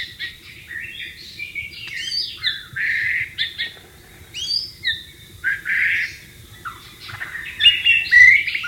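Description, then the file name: White-rumped shama giving a strong, continuous song of rich whistles, trills and sliding notes in varied phrases with short pauses between them. "suara burung murai batu di alam liar"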